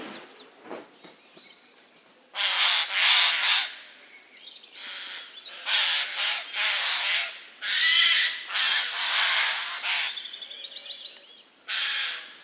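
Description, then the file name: Eurasian jay giving harsh, rasping screeches in bursts of about a second, some in quick pairs, separated by short pauses, with a few faint clicks early on. "Garrulus glandarius"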